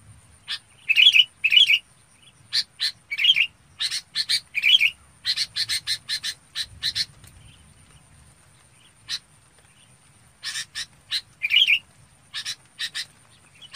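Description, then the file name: Red-whiskered bulbul flock call: rapid bursts of scratchy chips in clusters, mixed with several ringing whistled notes, then a pause and more chips. "Tieng chao mao bong goi bay"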